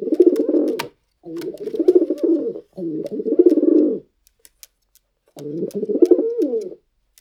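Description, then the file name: Pigeon cooing: four long throaty rolling coos with brief pauses between, plus faint clicks. Pigeon walking while cooing. "Pigeon Walking And Cooing"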